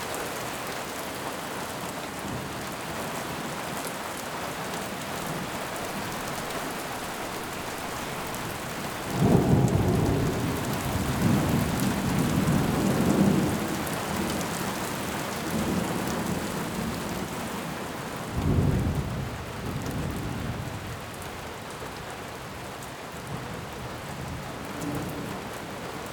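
A steady, dense hiss of heavy rain fills the whole clip, even. Low, rumbling thunder rolls in around nine seconds and swells for several seconds, then a second, shorter rumble follows near eighteen seconds before the rain settles back alone.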